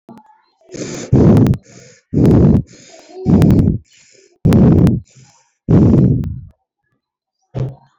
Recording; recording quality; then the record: shallow breathing; excellent, no background noise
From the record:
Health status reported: COVID-19 positive, mild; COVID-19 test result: positive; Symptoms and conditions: cough, fatigue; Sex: female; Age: 37 years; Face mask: worn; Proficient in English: yes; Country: India